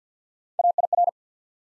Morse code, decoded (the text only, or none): A I R